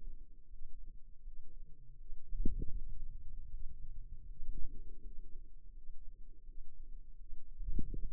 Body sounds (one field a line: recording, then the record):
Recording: forearm muscle sounds (acoustic myography)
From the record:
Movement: ulnar deviation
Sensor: system 2, bracelet of six BSWA MPA416 microphones around the upper forearm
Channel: 3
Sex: female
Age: 23 years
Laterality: right